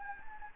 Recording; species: mosquito wingbeat signal from an infrared sensor; Anopheles gambiae